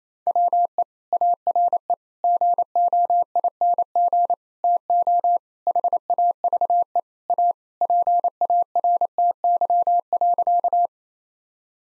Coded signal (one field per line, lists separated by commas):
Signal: Morse code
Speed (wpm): 28 wpm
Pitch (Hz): 700 Hz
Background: none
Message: WE ARE GOING TO HAVE A PARTY.